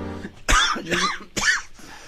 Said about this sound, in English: No, I've had a cough for ages now.